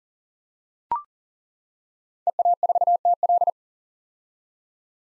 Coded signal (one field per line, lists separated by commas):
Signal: Morse code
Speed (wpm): 37 wpm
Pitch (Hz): 700 Hz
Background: none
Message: EA4TL